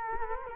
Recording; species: mosquito wingbeat signal from an infrared sensor; Culex quinquefasciatus